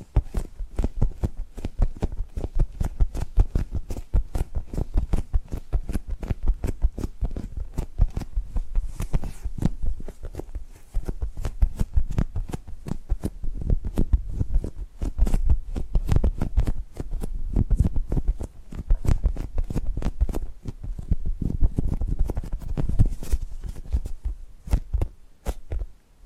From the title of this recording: Tapping and Gripping Sounds